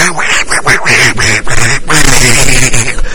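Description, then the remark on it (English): The raspy, nasal cartoon voice of Donald Duck quacks out a rapid, garbled stream of syllables, loud and nearly continuous for about three seconds with a few brief breaks. “Like I said, when we think of Donald Duck, we so used to it. We so used to hearing this.”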